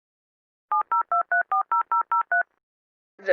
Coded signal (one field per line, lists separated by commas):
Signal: DTMF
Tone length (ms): 120 ms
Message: 702340003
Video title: EAS Scenario - JTK Rampage (60fps Version)